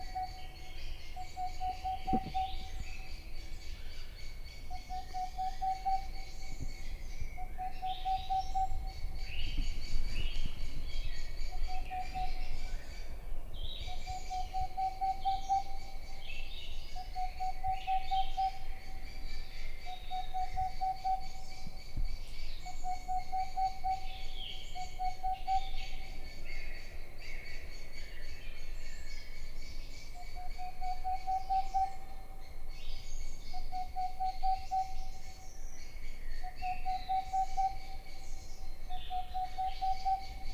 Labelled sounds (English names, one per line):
Boreal Owl